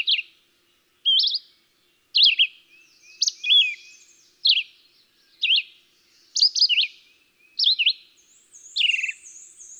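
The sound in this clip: Red-eyed Vireo song of quick whistled phrases, rising or falling, repeated nearly every second; a thin high whistle from another bird near the end.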